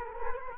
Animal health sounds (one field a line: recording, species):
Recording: mosquito wingbeat signal from an infrared sensor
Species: Culex quinquefasciatus